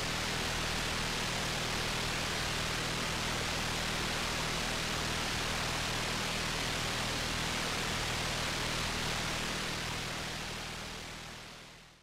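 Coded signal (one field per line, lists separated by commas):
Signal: radar signal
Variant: 29B6 Container OTHR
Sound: continuous harsh droning buzz over wideband hiss, steady throughout, fading at end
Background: radio static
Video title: Russian 29B6 Container radar in ham 15 meter band, 21311 kHz, 04 November, 2024, 1500 UTC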